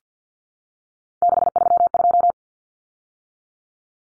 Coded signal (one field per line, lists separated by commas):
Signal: Morse code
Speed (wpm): 50 wpm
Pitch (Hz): 700 Hz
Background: none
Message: 632